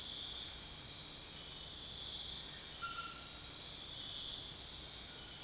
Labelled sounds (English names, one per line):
none